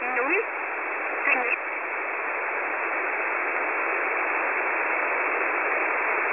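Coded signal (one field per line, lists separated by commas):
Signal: HF data modem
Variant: S11a Cherta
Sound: two short rising tone chirps, then a steady wide rushing hiss of data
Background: radio static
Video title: S11a Cherta 15/07/2023 0830 UTC 5149kHz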